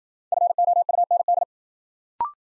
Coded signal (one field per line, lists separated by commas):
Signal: Morse code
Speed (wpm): 51 wpm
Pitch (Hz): 700 Hz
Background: none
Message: FOUND